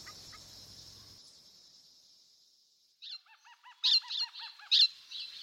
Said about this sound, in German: Am nächsten Morgen reißt mich das aufgeregte Geschrei von Vögeln aus dem Schlaf.